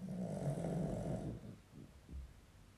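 A dog snoring, heard in the background.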